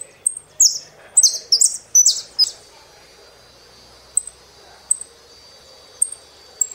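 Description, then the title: Saffron finch song: a short burst of buzzy slurred phrases, then a few sparse high chirps. "Jilguero Argentino"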